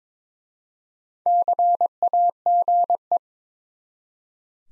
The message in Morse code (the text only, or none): CAGE